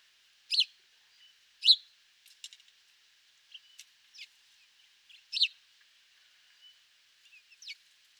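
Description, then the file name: House sparrow giving scattered high chirps, a few louder ones spaced about a second or more apart, with brief softer notes between. "Passer domesticus"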